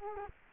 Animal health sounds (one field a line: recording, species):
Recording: mosquito wingbeat signal from an infrared sensor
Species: Culex quinquefasciatus